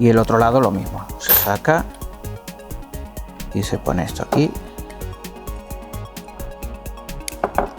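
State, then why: Seated. Someone talks over background music while a plastic mounting clip for a CPU cooler bracket is placed and pushed in, with a run of light regular ticks between about 2.2 and 3.4 s. A sharp click at 7.3 s marks the clip snapping onto the cooler bracket, seated and ready.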